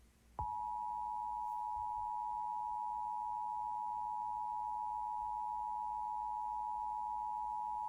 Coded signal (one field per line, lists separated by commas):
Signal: Emergency Alert System (SAME) tones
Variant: 853 and 960 Hz attention tone